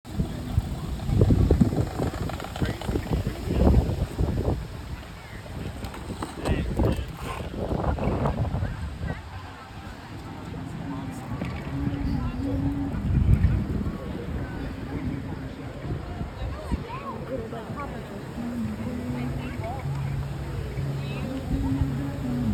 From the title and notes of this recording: April on the Beltline. Beautiful breezy day out on the Atlanta Beltline.